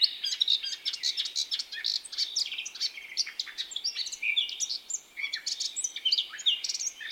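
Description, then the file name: Eurasian blackcap warbling, busy and scratchy with interspersed clear whistles, flowing steadily through the whole stretch. "Sylvia atricapilla"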